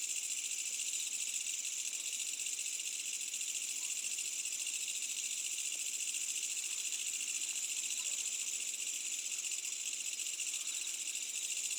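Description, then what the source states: Many insects give a constant high, shimmering trill throughout, a thick unbroken wash of sound with no other clear noises. Medium-density insect ambience on a summer night, with a village in the distance.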